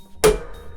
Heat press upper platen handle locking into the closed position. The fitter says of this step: down until it locks hear the click it's locked it's automatically counting down ten